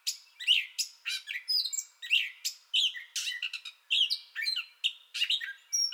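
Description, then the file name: Gray catbird singing a continuous stream of short, scratchy and whistled notes, some sliding up and down, delivered in quick succession without pause. Song bout already in progress, recorded 30 May 2021. "2021-05-30 Gray Catbird Song Bout Already Going"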